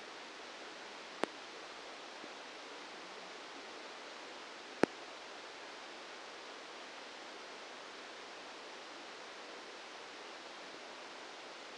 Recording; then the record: brain microelectrode recording played as sound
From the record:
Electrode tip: outside the subthalamic nucleus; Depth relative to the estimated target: -8 mm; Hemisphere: left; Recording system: NeuroSet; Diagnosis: Parkinson's disease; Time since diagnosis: 8 years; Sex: male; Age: 59 years